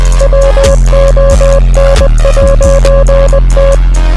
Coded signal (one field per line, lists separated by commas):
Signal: Morse code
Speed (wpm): 20 wpm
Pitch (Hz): 550 Hz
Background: music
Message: WON'T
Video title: I translated Head Up by The Score to morse code (DESC)